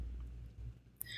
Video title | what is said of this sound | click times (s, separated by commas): RES 100 Software and Feature Updates | pressure to the top of the battery clip and force it downward until a click is heard and the battery comes loose | 1.0 s